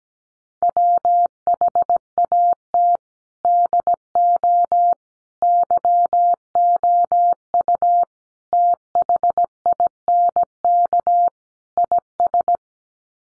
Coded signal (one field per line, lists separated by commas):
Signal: Morse code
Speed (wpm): 17 wpm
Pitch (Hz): 700 Hz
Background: none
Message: WHAT DO YOU THINK IS